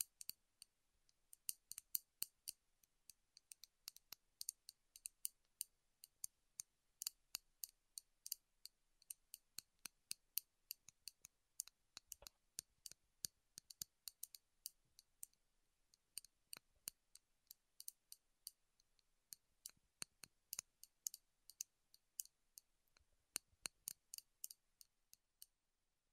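Wooden tapping and clicking triggers in quick, uneven bursts, crisp and bright, with brief pauses and a few heavier knocks near 12 and 23 seconds.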